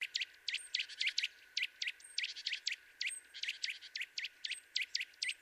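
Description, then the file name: Eurasian nuthatch giving a rapid series of sharp, high notes, several a second. "Sitta europaea"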